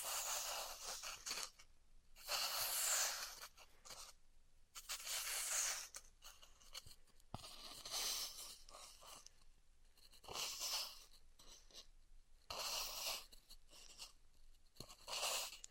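Styrofoam being heat cut gives irregular bursts of bright hissing, crackling noise, separated by quieter gaps and occasional sharp clicks.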